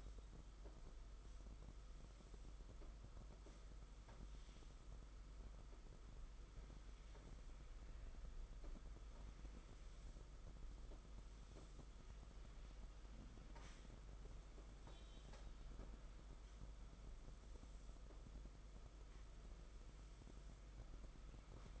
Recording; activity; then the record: daily activity, microphone in the room; sweep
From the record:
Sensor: 5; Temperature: 22.1 degrees Celsius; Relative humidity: 50.0%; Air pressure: 991.5 hPa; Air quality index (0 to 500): 120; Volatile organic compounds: 44 ppm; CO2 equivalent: 3207 ppm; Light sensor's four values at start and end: 42/132/50/54 and 42/132/50/54